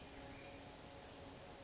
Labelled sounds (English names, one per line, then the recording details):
California Towhee
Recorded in Sonoma County, California